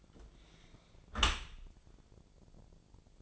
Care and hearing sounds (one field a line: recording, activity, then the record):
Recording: daily activity, microphone in the room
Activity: close dishwasher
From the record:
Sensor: 5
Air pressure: 1000.6 hPa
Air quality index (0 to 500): 148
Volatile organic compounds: 2 ppm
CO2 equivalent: 1141 ppm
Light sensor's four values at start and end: 41/94/40/44 and 41/94/40/44